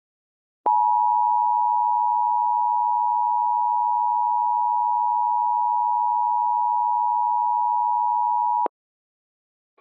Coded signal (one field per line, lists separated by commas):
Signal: Emergency Alert System (SAME) tones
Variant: 853 and 960 Hz attention tone